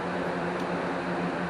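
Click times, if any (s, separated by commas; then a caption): none. After a TFI module swap on a 5.0 V8, the distributor cap is being refitted over the rotor onto the distributor housing, ready for its hold-down clips to be pushed home. Only a steady broadband hum with a low tonal drone is heard, with no distinct knocks or clicks. The cap has not seated or clicked into place yet.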